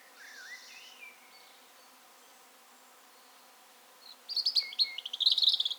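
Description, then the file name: European robin song: faint thin whistles at first, then after a quiet gap a loud burst of high, tinkling trills and sharp notes in the last second and a half. "Erithacus rubecula - European Robin"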